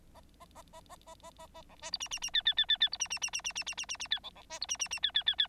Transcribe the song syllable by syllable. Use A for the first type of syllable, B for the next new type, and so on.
A A A A A A A A A B C D E E E F F F F F D E E E E E E E E E E F B B C D E E E F F F F